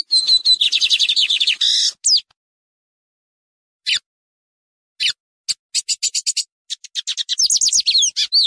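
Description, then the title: Lined seedeater song: a two-second buzzy rattling trill, a long silence, then scattered chips speeding into another fast twittering phrase. Song recording made for warming up and training a pet bird. "Novo Canto de Bigodinho. Melhor Canto de Bigode para Esquentar e Treinar seu Pássaro"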